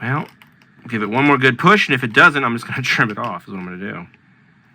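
A small tab on a plastic Tau Piranha model kit part is being dry-fitted and pushed into its mating slot, where it kept catching and would not click in. Someone talks throughout, with only faint handling sounds under the voice. The part has not seated or clicked into place yet.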